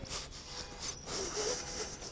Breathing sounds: one breath in and out by a microphone near the nose and mouth; strong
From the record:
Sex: male

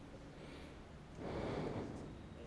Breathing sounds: one breath in and out by a microphone near the nose and mouth; normal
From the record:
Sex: male

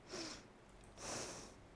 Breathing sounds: one breath in and out by a microphone near the nose and mouth; deep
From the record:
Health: marked as sick, illness not named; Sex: female

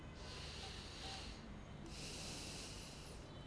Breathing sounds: one breath in and out by a microphone near the nose and mouth; deep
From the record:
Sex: male

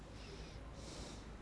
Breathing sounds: one breath in and out by a microphone near the nose and mouth; normal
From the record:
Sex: male

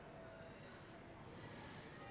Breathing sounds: one breath in and out by a microphone near the nose and mouth; normal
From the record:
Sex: male

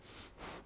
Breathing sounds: one breath in and out by a microphone near the nose and mouth; strong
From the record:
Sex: male

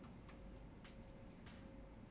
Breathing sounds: one breath in and out by a microphone near the nose and mouth; normal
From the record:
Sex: male

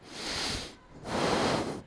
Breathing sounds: one breath in and out by a microphone near the nose and mouth; deep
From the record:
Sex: male

